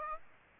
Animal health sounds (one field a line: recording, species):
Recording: mosquito wingbeat signal from an infrared sensor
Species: Aedes aegypti